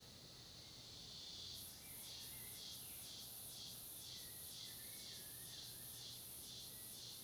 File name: Ambiencia cigarras na mata gravacao dentro de quarto de uma chacara, passaros, cachorros longe